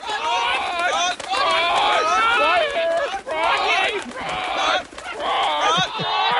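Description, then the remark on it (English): A chicken clucking sound effect: chickens cluck and squawk in a loud, dense flurry, overlapping high-pitched bursts arriving in several waves with brief dips between them. “And he's just, in fact, unleashed the Kentucky Fried Chickens on Kanye West.”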